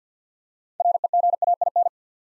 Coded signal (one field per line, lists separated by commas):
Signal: Morse code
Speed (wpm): 50 wpm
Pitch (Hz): 700 Hz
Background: none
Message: REGAIN